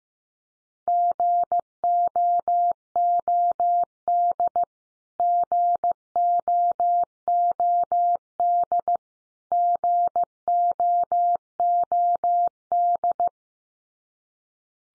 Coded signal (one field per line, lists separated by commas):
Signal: Morse code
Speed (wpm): 15 wpm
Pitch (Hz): 700 Hz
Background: none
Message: GOOD GOOD GOOD